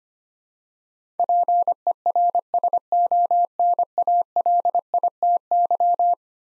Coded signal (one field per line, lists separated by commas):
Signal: Morse code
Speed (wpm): 25 wpm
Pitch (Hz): 700 Hz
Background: none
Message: PERSONALITY